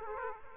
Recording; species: mosquito wingbeat signal from an infrared sensor; Aedes aegypti